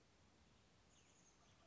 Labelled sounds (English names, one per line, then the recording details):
Chestnut-backed Chickadee
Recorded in Sonoma County, California